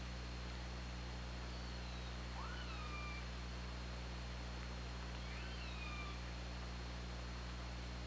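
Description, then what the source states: Killer whale calls, two short upswept then level tonal cries with harmonics, a few seconds apart, over a steady low underwater hum and hiss. Underwater hydrophone recording from OrcaLab, made on 24 August 2017 around 22:09.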